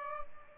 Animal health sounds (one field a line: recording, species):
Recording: mosquito wingbeat signal from an infrared sensor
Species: Aedes albopictus